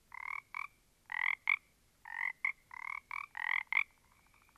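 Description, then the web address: Frogs giving short, raspy croaks in paired bursts, followed by a faint rattling trail at the end. A small group of frogs. "static audio olofonia Small Group of Frogs"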